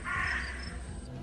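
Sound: crow cawing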